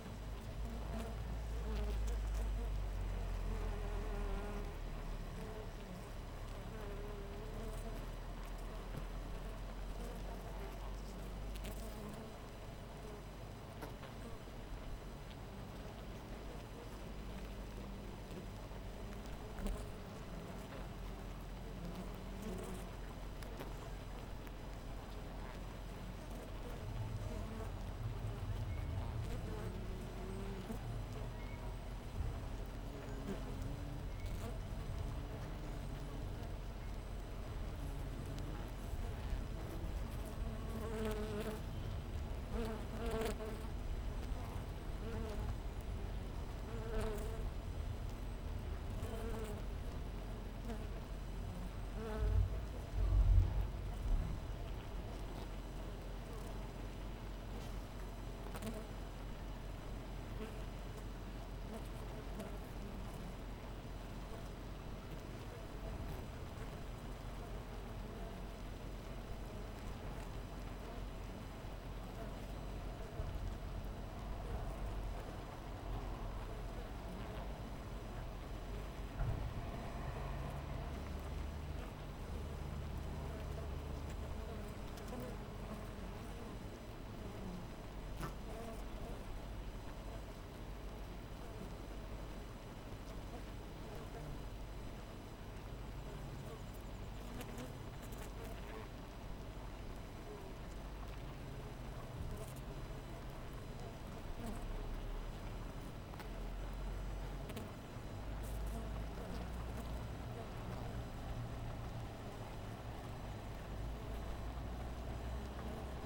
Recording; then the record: honeybee colony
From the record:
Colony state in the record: missing queen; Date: 14 July 2017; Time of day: 4:45